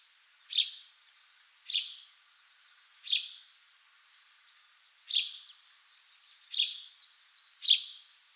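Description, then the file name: House sparrow giving loud single chirps at uneven gaps of about one to two seconds, with softer chirps in between. "Passer domesticus"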